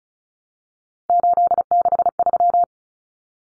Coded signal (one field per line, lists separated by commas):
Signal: Morse code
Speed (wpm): 34 wpm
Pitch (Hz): 700 Hz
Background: none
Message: 863